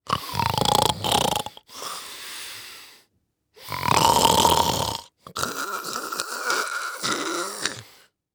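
Loud, rough, rattling snores on each in-breath, with a whistling edge, alternate with softer breathy out-breaths. There are about two full breath cycles in eight seconds, roughly 15 breaths a minute. This is an adult male snoring.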